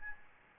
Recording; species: mosquito wingbeat signal from an infrared sensor; Aedes albopictus